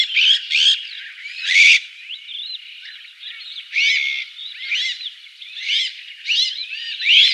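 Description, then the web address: Azure-winged magpie calls: harsh grating bursts mixed with many quick, looping whistled notes in a restless chatter. "Schulze Peter Azure-winged Magpie calls"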